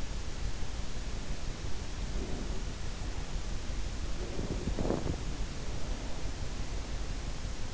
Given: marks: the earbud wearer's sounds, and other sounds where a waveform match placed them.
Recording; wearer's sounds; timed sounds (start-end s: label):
sounds in sleep by an in-ear microphone; breath
1.99-2.83 s: breath
4.10-5.39 s: sound from someone else or the room